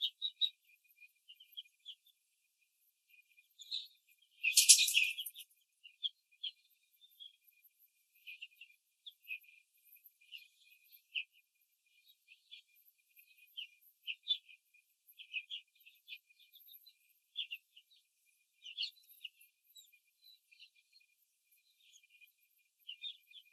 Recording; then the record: young laying hens in a cage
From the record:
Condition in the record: control cage, after the stress test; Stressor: none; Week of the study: 4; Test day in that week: 3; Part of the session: 3